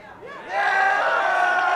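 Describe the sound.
An audience at a live show cheers, whistles and shouts for the first act, starting as a thinner rising call and swelling after half a second into a loud, sustained, dense roar of many voices.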